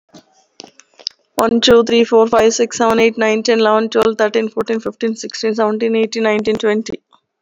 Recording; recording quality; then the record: counting at a fast pace; excellent, no background noise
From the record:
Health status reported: recovered from COVID-19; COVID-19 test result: positive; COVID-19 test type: RT-PCR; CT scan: not taken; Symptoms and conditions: cough, cold, sore throat, fever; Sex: female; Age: 44 years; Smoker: no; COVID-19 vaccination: both doses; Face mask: worn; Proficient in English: yes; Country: India